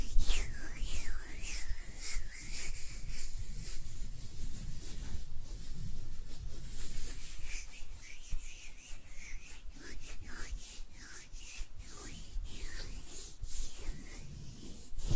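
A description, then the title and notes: Hands rub and brush against each other, a dry, scratchy friction that continues throughout with little pause. The first half is denser and steadier; after about eight seconds the rubbing breaks into quicker separate strokes, with a faint low rumble underneath. ASMR Relaxing Hand Sounds (No Talking).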